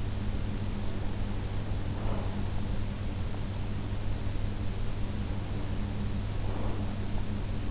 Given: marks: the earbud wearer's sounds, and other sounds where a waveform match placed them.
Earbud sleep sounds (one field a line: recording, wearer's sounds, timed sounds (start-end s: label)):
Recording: sounds in sleep by an in-ear microphone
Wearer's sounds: breath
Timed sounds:
1.69-2.85 s: breath
6.12-7.18 s: breath